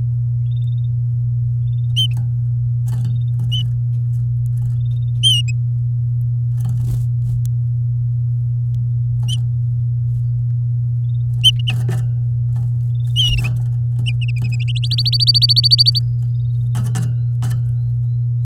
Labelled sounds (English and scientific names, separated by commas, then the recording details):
Domestic Canary (Serinus canaria) song
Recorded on 9 May 2018 at 07:31
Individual llb16